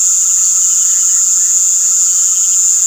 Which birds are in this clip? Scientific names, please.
none